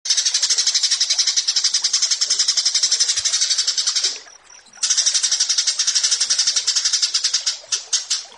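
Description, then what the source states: Bush lark giving rapid, harsh, pulsed high-pitched song in long runs, with a short gap of thin notes midway. Tutor (masteran) recording for training cage birds.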